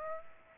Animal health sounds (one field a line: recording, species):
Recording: mosquito wingbeat signal from an infrared sensor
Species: Aedes aegypti